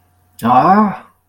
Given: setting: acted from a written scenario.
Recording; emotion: vocal sound without words; anger